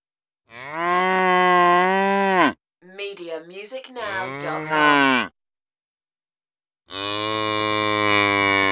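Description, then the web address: Cow lowing: a long steady moo, a broken, wavering call, then another steady moo, with short pauses between them. "the sound pack tree. cow moos"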